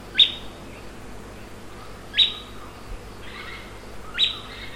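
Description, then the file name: Bird calls: three rising chirps with a lingering high tail, about two seconds apart, with softer lower notes after the later ones. "SABIOD 50 bird 2015"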